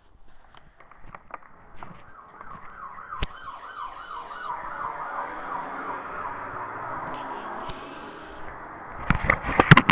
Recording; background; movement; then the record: deep breathing; traffic; walking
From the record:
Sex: female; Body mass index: 18.8 kg/m2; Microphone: on the chest, facing the body